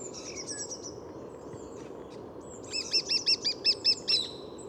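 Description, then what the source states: Lesser Spotted Woodpecker calling a quick run of about seven high, even, piping notes over one and a half seconds, over a low steady city rumble. Two calls; Bois de Vincennes, 14 February 2019, 8–10:30 am, sunny, 3–4 °C; Nagra Seven recorder, Telinga Pro7 parabola.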